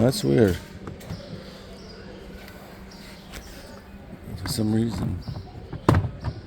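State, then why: Not seated. A Toughbuilt StackTech modular plastic toolbox is set down onto the stacking box below it while someone talks, with a sharp clunk near 5.9 s. The latch does not engage, and nothing has clicked in yet.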